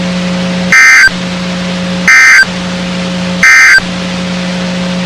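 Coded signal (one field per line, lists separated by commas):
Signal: Emergency Alert System (SAME) tones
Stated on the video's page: NOAA Weather Radio station WXK35, Waco, Texas, broadcasting severe thunderstorm warnings.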